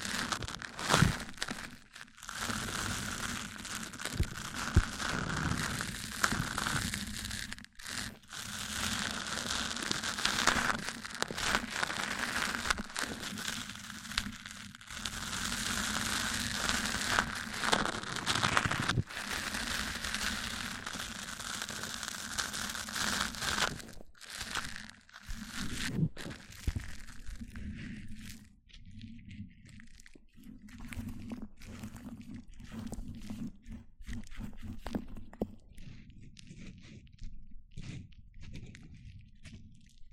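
Mic-on-mic triggers: dense, continuous scratching and crinkling rubs sweep over the microphone, full of bright rustle with a steady low rumble underneath. Brief gaps break the texture around 2, 8, 19 and 25 seconds. After about 28 seconds the sound thins into sparser, softer taps and scrapes.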